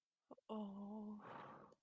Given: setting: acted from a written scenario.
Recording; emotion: vocal sound without words; guilt